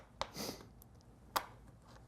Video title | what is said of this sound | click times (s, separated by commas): Geometrics - Seismic, Magnetometer & Electromagnetic Training Videos 3.5 of 4 | and it clips into place | 0.2 s, 1.4 s